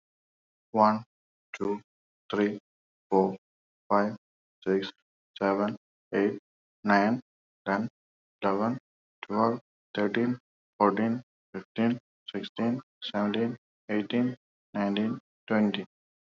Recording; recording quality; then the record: counting at a normal pace; excellent, no background noise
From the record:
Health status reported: exposed to COVID-19, no respiratory illness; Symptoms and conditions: cold, sore throat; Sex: male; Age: 33 years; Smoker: not ticked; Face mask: not worn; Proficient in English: yes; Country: India